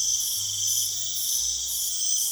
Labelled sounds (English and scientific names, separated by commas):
none